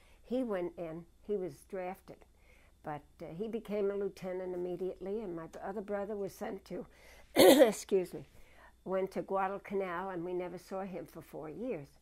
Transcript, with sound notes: He went in, he was drafted, but he became a lieutenant immediately, and my other brother was sent to... ( she clears her throat ) Went to Guadacanal, and we never saw him for four years.